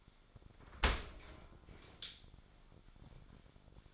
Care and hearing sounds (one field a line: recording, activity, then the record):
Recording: daily activity, microphone in the room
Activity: open dishwasher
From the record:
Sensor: 5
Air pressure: 1006.9 hPa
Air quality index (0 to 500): 183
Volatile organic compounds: 5 ppm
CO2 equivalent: 1751 ppm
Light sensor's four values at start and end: 54/151/59/60 and 53/149/58/59